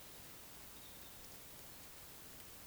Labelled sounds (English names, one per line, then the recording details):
Eurasian Woodcock whistle
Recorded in Baden-Württemberg, Germany, on 11 June 2021 at 20:05 UTC
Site 24606, 635 m above sea level